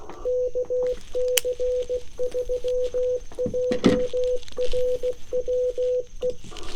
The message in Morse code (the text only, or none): KC3JRW E